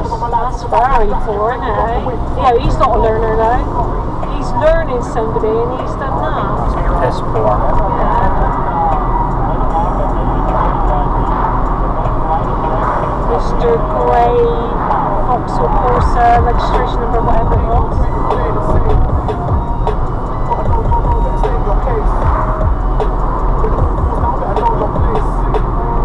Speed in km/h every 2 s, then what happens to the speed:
19, 29, 37, 40, 42, 42, 42, 42, 42, 42, 40, 42, 42.
0-7 speeds up to 42. 7-26 steady at about 42.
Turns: none.